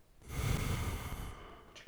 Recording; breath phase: one breath near a microphone; exhalation